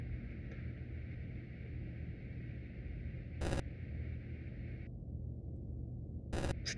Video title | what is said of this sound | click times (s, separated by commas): Apple Watch Nike+ Series 4 44mm Unboxing | attempting to insert and connect watch watchband now snaps | 3.5 s, 6.4 s